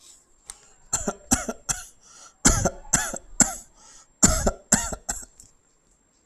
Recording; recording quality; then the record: shallow voluntary cough; excellent, no background noise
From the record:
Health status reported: healthy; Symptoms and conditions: diabetes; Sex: male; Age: 51 years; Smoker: yes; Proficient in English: yes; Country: India